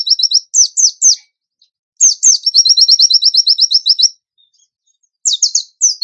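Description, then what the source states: Bird song of repeated high down-slurred chips and a rapid run of clipped notes, separated by short silences. Masteran training recording; tembakan gacor song style.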